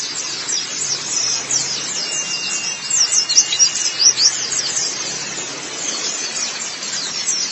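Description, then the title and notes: White-eye song, rapid high twittering with thin downslurred notes, briefly louder in the middle. Chirping song. "Suara kicauan burung pleci"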